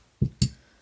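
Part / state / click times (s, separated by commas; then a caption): pistol barrel into slide / seated / 0.4 s. A Smith & Wesson 4506 pistol barrel is pushed forward in the slide, then pulled back. A soft, low knock at 0.2 s is followed by a sharper, brighter click at 0.4 s as the barrel seats into position in the slide.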